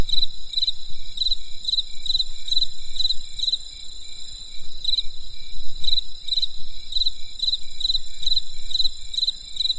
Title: There was a crisp sound of insects in the winter night. Come and experience a sound therapy feast from the countryside